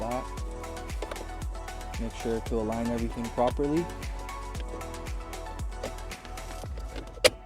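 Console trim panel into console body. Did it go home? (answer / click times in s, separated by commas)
yes / 7.2 s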